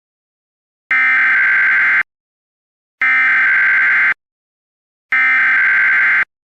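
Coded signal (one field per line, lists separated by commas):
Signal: Emergency Alert System (SAME) tones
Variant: header bursts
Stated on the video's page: Fictional EAS scenario based on a webcomic, not a real alert.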